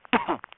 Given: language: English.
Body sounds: throat vibration sensor signal played as sound; cough

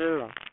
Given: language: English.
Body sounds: throat vibration sensor signal played as sound; speech

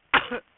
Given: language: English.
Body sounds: throat vibration sensor signal played as sound; cough

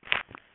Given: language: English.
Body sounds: throat vibration sensor signal played as sound; swallow

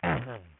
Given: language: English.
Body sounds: throat vibration sensor signal played as sound; throat clearing

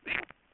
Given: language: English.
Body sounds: throat vibration sensor signal played as sound; swallow

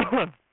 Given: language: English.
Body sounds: throat vibration sensor signal played as sound; cough

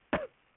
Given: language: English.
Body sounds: throat vibration sensor signal played as sound; cough

